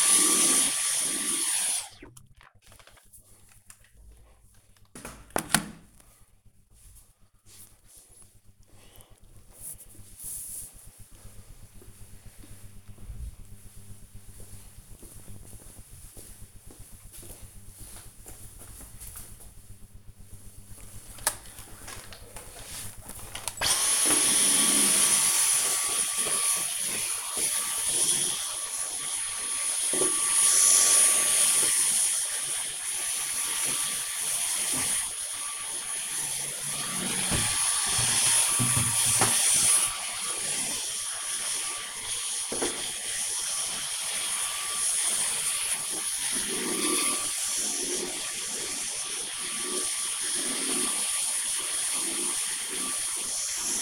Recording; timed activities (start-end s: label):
household activities, microphone on the right wrist
0.00-1.05 s: vacuum cleaning
20.21-53.82 s: vacuum cleaning